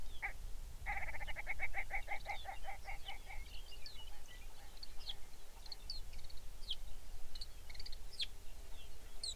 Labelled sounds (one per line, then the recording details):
songbird
grouse or ptarmigan
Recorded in the Arctic National Wildlife Refuge, Alaska, on 23 May 2019 at 05:23
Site 49